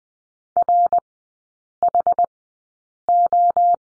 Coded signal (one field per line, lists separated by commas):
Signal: Morse code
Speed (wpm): 20 wpm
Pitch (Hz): 700 Hz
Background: none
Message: RHO